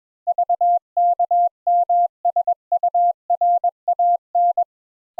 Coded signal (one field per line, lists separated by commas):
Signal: Morse code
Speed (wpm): 21 wpm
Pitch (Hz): 700 Hz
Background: none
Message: VKMSURAN